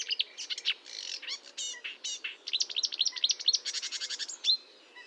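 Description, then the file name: Marsh warbler song: a dense burst of scratchy notes, trills and high chirps tumbling quickly one after another. Recorded at Fontaine-Française (Fourneau), France, on 1 June 2022 at 10:55, with a Nagra recorder and Telinga microphone. "Rousserolle verderolle 20220601 1055 Fontaine-Francaise-Fourneau-Nagra-Telinga"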